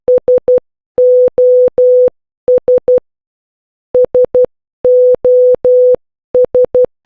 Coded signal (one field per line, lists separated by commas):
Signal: Morse code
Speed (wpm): 12 wpm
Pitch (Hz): 500 Hz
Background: none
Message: SOS SOS